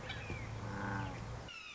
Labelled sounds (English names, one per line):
Red-shouldered Hawk